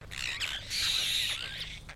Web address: Sound Effects-Foundation. BIRD APOSTLE BIRD CALL